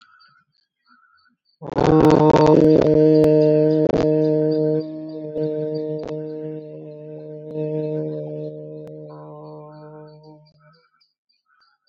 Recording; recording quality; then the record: sustained vowel as in boot; moderate, slight background noise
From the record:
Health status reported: COVID-19 positive, mild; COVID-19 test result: positive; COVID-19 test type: rapid antigen test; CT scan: not taken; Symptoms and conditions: cough, cold, sore throat, diabetes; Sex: female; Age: 60 years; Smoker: no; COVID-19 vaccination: both doses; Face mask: not worn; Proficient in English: yes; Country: India